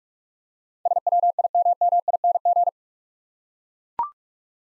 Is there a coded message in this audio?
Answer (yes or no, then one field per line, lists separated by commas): yes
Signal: Morse code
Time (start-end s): 0.9-2.7 s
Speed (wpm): 44 wpm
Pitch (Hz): 700 Hz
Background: none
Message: SWIMMING